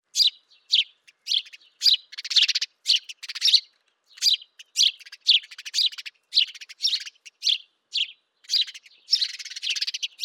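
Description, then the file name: House sparrow chirping: a rapid series of bright, repeated chirps, some run together into short chattering bursts, with brief gaps between notes. "Passer domesticus"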